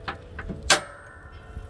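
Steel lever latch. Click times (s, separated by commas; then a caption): 0.7 s. The silver metal deck release arm under a 2020 John Deere X739 (X700 Signature Series) lawn tractor's mower deck hitch is pulled up at its back end. A few light metallic knocks come first, then the arm snaps into the release position with a sharp click at 0.7 s, followed by a brief ringing. The deck is released, so it can be left behind when the tractor drives backwards.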